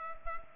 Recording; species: mosquito wingbeat signal from an infrared sensor; Culex pipiens